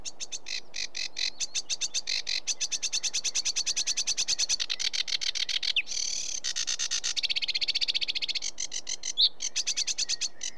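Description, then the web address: Sedge warbler in long continuous song: rapid ticking notes running into dense, buzzy chattering stretches, with a short whistled note near the end. "BBC Sound Effects Library. Sedge Warbler"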